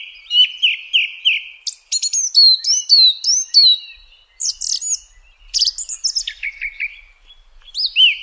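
Song thrush song: short whistled phrases, each repeated several times, opening with a clear note given three times, then sharper chirped and trilled figures.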